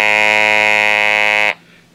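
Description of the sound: A steady, harmonic-rich mechanical buzz from a Servox electrolarynx device, switched on with its thumb switch. The tone holds for about one and a half seconds and then stops abruptly.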